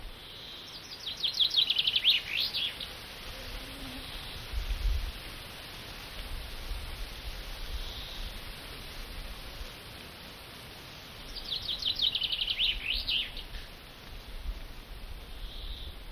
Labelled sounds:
Common Chaffinch (Fringilla coelebs)
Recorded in the wild
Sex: male
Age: adult
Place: Halbinsel Kindo, Karelien, RU
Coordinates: 66.5369, 33.0894
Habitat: taiga
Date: 1995-06-21 11:49
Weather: sunny, 20°C
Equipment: Sony WM-D6C, Sennheiser MKH 416T
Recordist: Frommolt, Karl-Heinz

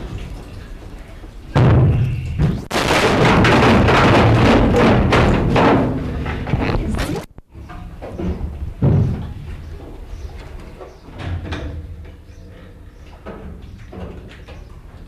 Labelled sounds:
Mantled Guereza (Colobus guereza) call
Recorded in captivity
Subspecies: caudatus
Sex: group
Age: diverse
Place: Zoopark Erfurt, Thüringen, DE
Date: 1972-05-19 14:00
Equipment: Uher 4200 Report Stereo, Sennheiser-Mikrofon, Tesla-Verstärker
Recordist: Tembrock, Günter

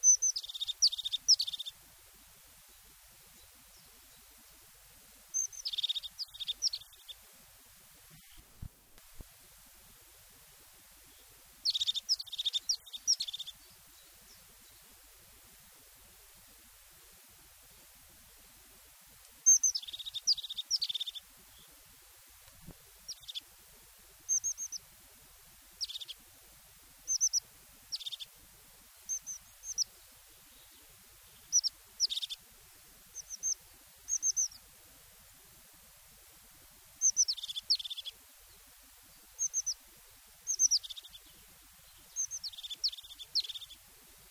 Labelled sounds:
European Crested Tit (Lophophanes cristatus) song
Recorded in the wild
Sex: male
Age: adult
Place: Garmisch-Partenkirchen, Bayern, DE
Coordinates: 47.5208, 11.0806
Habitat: pond
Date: 1966-04-14
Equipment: Vollspur
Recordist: Tretzel, Erwin

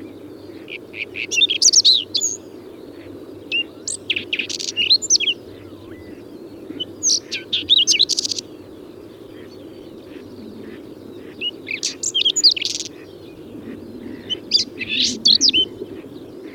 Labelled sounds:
Whinchat (Saxicola rubetra) song
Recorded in the wild
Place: Schwerin, Lewitz, Mecklenburg-Vorpommern, DE
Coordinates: 53.636, 11.401
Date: 1984-04-30
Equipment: Nagra III BH, Sennheiser MD 21, parabola
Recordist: Schubert, Michael
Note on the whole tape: Spontangesang von Braunkehlchen, sehr konkret

